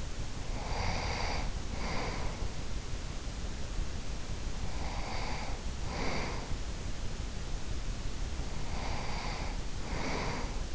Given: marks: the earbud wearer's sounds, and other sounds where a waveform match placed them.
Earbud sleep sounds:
sounds in sleep by an in-ear microphone; breath
0.00-2.88 s: breath
4.77-7.40 s: breath
8.43-10.75 s: breath

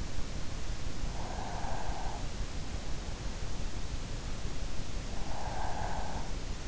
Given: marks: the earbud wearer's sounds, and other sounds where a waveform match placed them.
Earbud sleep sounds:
sounds in sleep by an in-ear microphone; breath
1.01-2.55 s: breath
5.12-6.38 s: breath

